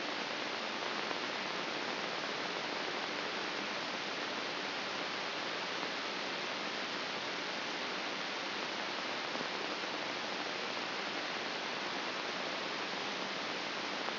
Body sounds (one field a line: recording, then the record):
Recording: brain microelectrode recording played as sound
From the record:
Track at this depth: outside the subthalamic nucleus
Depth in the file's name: 5.617 mm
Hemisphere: left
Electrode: 3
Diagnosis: Parkinson's disease